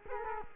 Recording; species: mosquito wingbeat signal from an infrared sensor; Culex quinquefasciatus